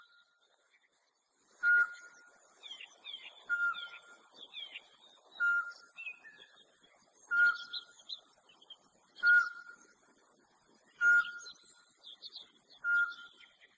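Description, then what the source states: Eurasian pygmy owl calling: a single clear, mellow whistled note repeated about every two seconds, seven in all, while small birds chirp and twitter at higher pitch. Recorded 30 March 2021.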